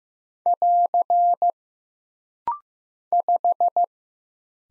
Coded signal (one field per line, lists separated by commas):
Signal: Morse code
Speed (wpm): 15 wpm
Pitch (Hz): 700 Hz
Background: none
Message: <AR> 5